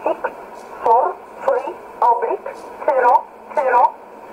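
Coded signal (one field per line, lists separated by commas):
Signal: numbers station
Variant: E11 Oblique, English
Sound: a voice reading short, evenly spaced words, about seven in four seconds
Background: radio static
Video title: 12 06 2017 Numbers station E11 Oblique in English to Eu 0530 on 7600 in USB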